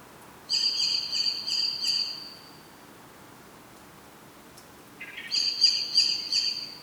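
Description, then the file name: Common blackbird calls: two high, thin, pulsed whistle phrases separated by a pause of about three seconds, the second starting with a lower note. "Turdus merula"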